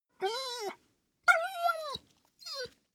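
Dog whimpering: three tonal, whining cries, the middle one longest, separated by brief silences.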